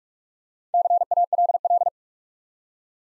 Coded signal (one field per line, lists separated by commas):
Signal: Morse code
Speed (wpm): 45 wpm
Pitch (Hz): 700 Hz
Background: none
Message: CALL